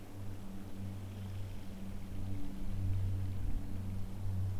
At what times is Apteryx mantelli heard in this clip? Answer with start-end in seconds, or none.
none